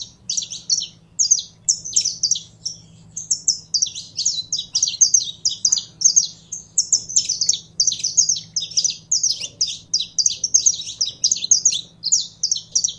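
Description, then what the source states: Canary in sustained song, dense high trills and chattering phrases flowing with short breaks, over a quiet low-pitched hum. Song of a purebred Belgian canary.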